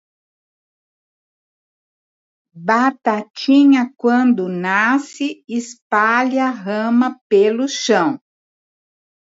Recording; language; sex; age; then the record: short text; Brazilian Portuguese; female; 60 to 69 years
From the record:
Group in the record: control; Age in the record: 66 years